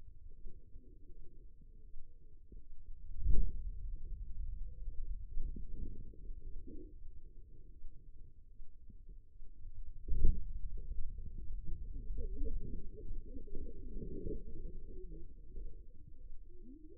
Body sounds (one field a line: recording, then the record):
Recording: forearm muscle sounds (acoustic myography)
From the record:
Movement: hand closing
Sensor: system 2, bracelet of six BSWA MPA416 microphones around the upper forearm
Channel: 3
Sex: female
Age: 25 years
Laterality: right